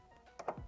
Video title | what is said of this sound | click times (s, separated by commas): No One Could Fix This Abandoned Car in 4 Years… I Rebuilt It In 24 Hours! | So it should click in. | 0.4 s, 0.5 s